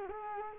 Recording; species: mosquito wingbeat signal from an infrared sensor; Culex quinquefasciatus